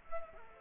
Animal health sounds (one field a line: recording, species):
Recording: mosquito wingbeat signal from an infrared sensor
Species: Culex quinquefasciatus